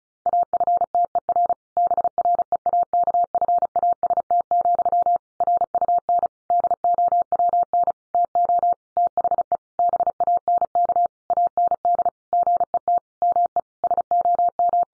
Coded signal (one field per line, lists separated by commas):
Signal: Morse code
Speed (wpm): 34 wpm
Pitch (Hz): 700 Hz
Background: none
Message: AFTER BREAKFAST, RUN DOWN TO THE BANK AND GET ME SOM